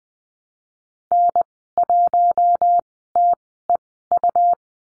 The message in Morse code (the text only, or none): N1TEU